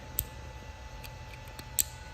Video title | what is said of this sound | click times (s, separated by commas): Sparksmith Projector Style Headlights | to here and it will just literally click into place | 1.8 s